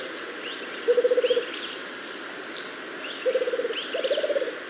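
Rufous-capped motmot call: two low, rapidly pulsed hooting trills, the second run into a slightly higher one, amid faint high chirps of other birds.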